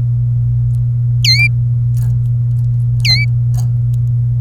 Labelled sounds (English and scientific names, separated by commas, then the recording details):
Domestic Canary (Serinus canaria) song
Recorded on 27 April 2018 at 09:09
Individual llb3